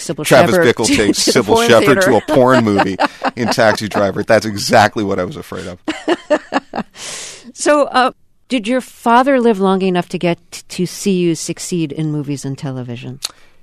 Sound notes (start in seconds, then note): 2.1 laughter; 6.0 laughter